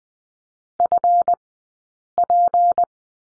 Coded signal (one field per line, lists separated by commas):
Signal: Morse code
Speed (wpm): 20 wpm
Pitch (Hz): 700 Hz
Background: none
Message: FP